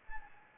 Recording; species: mosquito wingbeat signal from an infrared sensor; Anopheles gambiae